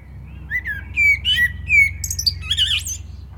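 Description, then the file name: Common blackbird song: low fluted whistled notes rising into a squeaky, twittering high flourish at the end. "Turdus merula"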